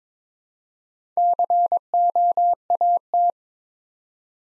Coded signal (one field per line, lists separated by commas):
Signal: Morse code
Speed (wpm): 22 wpm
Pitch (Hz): 700 Hz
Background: none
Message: COAT